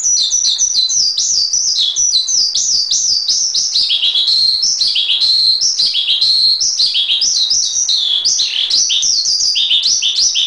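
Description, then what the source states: Asian pied starling song, steady high chattering with looping whistled phrases that swoop down and back up. Master training recording.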